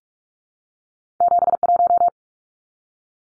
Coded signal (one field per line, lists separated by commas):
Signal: Morse code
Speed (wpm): 44 wpm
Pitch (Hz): 700 Hz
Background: none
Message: 71